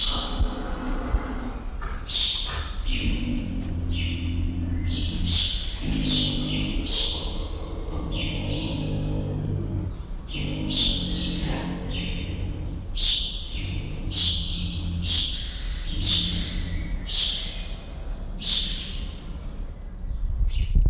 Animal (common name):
Puma